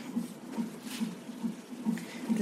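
A baby's heartbeat, heard as steady rhythmic pulses from a fetal heart monitor on a woman in a quiet hospital maternity ward.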